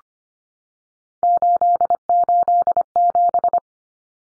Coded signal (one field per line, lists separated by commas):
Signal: Morse code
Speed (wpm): 25 wpm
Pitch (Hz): 700 Hz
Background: none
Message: 887